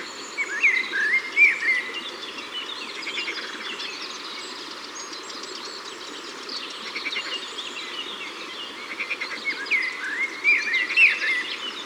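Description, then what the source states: Eurasian blackbird: fluty, slurred song phrases at the start and near the end, with continuous twittering and buzzy trills in the background. Ardèche, France.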